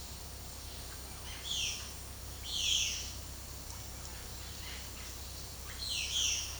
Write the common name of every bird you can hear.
Violaceous Jay, Russet-backed Oropendola